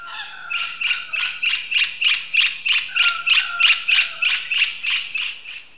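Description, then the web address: Bird calling in a fast, regular series of harsh, buzzy notes, about three per second, steady throughout with no other sounds. "特酷声音素材库 动物 鸟 Bird"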